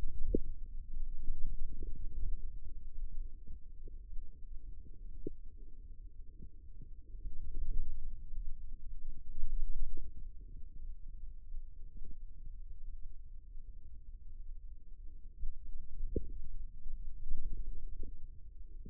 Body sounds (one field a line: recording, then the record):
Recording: forearm muscle sounds (acoustic myography)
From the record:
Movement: ulnar deviation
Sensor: system 2, bracelet of six BSWA MPA416 microphones around the upper forearm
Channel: 1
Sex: male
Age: 22 years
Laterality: right